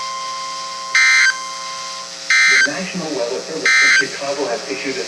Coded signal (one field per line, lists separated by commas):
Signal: Emergency Alert System (SAME) tones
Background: speech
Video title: So many Severe Thunderstorms... well ok probably not many. +2 Special Marine Warnings (EAS 48-55)